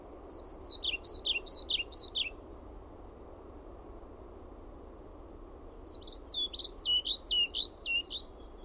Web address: Linnut KIRJOSIEPPO